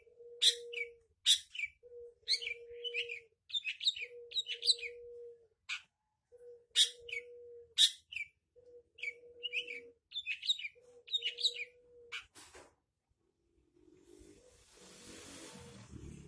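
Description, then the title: Long-tailed shrike song of sharp, scratchy high notes in quick clusters over a broken low humming tone, ending in a burst of broad rustling noise. Combination song style. "Cendet Kombinasi"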